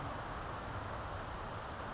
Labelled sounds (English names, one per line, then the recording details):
California Towhee
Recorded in Sonoma County, California